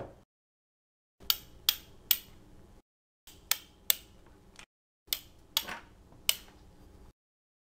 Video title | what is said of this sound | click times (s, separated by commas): Neewer Portable 62"/158cm Alluminum Alloy Camera Tripod Unbox And Thorough Review | you heard there there's three clicks for every lock here so there's three possible | 1.3 s, 1.7 s, 2.1 s, 3.5 s, 3.9 s, 6.3 s